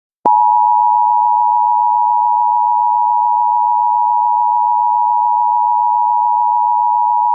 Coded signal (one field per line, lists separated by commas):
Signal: Emergency Alert System (SAME) tones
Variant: 853 and 960 Hz attention tone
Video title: * VALID TONES * EAS Child Abduction Emergency Texas REAL